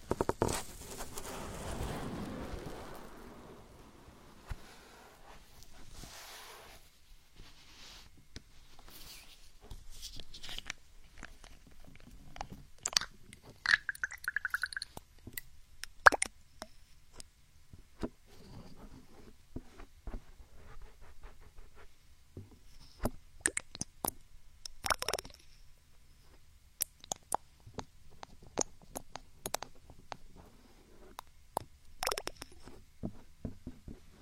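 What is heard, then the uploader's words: Ear picking and massage sounds: soft rubbing and brushing at first, then sharp clicks, pops and scratches scattered irregularly throughout. A few louder snaps stand out around the middle and later, over an otherwise quiet, still background. Binaural ear picking, ear massage, spa ear picking.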